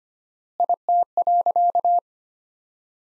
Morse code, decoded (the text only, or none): IT.